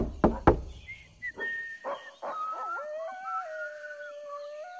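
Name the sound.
whistling a melody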